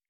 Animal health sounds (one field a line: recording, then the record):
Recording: hydrophone in a shrimp aquaculture tank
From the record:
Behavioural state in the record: stressed